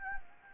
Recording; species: mosquito wingbeat signal from an infrared sensor; Anopheles gambiae